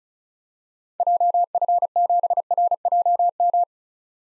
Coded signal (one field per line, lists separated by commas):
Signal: Morse code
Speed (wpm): 34 wpm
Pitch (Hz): 700 Hz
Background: none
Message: JF7RJM